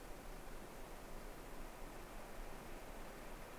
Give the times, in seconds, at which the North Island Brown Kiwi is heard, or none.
none